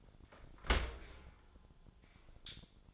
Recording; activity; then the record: daily activity, microphone in the room; open dishwasher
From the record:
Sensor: 5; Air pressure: 1006.9 hPa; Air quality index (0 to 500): 183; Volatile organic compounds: 5 ppm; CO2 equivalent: 1751 ppm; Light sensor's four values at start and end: 53/148/58/59 and 53/149/58/59